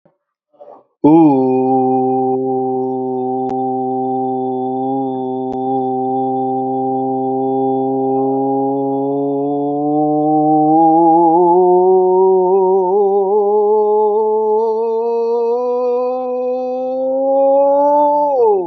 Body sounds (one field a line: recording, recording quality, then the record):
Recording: sustained vowel as in boot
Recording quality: excellent, no background noise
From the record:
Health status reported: COVID-19 positive, mild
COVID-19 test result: positive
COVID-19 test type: RT-PCR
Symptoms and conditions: cold, sore throat, fever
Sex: male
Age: 24 years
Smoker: no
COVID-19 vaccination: both doses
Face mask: not worn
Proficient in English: no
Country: India